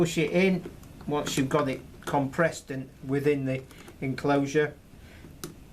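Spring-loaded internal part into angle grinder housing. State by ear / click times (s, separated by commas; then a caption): not seated / none. While reassembling a Dewalt 4206 angle grinder with bad bearings and poor build quality, a spring-loaded internal part is compressed and pushed into the plastic housing as someone talks. A brief sharp tick is heard at 5.4 s, but the part has not seated or locked in place yet.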